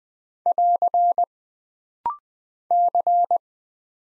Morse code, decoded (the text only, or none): <AR> C